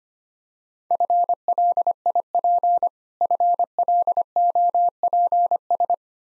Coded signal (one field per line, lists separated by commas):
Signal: Morse code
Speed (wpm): 25 wpm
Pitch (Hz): 700 Hz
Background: none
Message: FLIP FLOPS